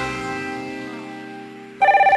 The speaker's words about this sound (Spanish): Hay radios donde el teléfono suena, suena y sigue sonando. Hasta que una grabadora te da la bienvenida.